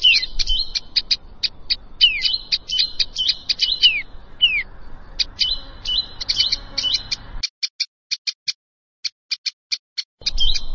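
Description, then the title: Plain prinia singing rapid, buzzy repeated notes with scattered down-slurred whistles; after seven seconds the background drops out, leaving isolated sharp notes before the song resumes. "Ciblek Sawah"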